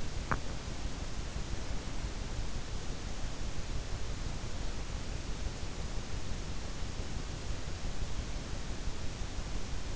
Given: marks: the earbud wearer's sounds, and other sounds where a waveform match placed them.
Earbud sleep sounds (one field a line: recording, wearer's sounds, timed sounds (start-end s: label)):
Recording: sounds in sleep by an in-ear microphone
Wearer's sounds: teeth grinding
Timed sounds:
0.00-0.71 s: teeth grinding